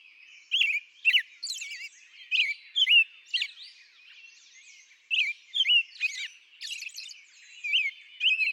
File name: American Robin